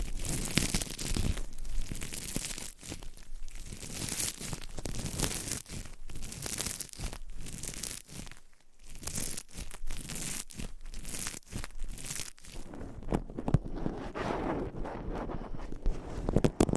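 Dense, busy scratching and crinkling with nails and objects fills the whole stretch, a papery, tearing texture that rarely lets up. Short gaps and sharp taps break it irregularly, most often between six and thirteen seconds, and the sound turns thinner and brighter near the end.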